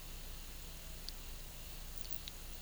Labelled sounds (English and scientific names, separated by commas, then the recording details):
none
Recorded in pastures near Puerto Asís, Putumayo, Colombia, on 18 December 2024 at 11:00
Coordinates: 0.486, -76.323
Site GP01